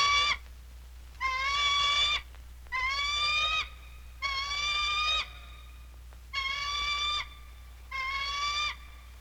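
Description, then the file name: Eagle crying repeatedly: six drawn-out wails, the first cut off at the start, over a low constant hum. "a-Eagle Cries"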